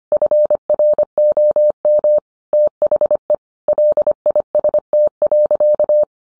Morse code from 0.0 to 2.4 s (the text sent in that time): FROM